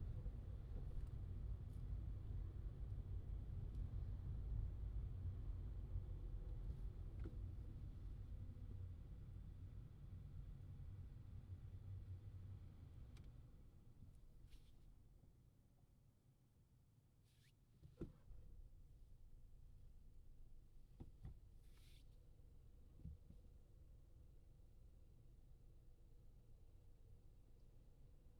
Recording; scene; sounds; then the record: everyday scene through a hearing-aid microphone; in a vehicle; engine, traffic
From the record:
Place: Skoda Fabia, gasoline engine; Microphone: in the ear canal, left